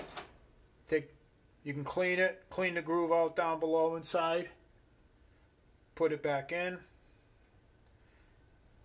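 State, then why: Not seated. Someone talks while a retaining clip is set back into the body of a female quick disconnect fitting used in a brewery and worked into position, lined up before it is pressed down into the groove. Between the talking there are only quiet stretches of low handling noise. The clip has not seated or clicked yet.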